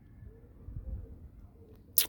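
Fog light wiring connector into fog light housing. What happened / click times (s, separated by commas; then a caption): The wiring connector clipped into place / 2.0 s. A wiring connector is clipped into the back of a newly mounted OEM fog light on a Smart 453 Forfour or Fortwo. Faint low rumbling handling noise comes first, then a sharp, loud click at 2.0 s as the connector seats into the fog light housing.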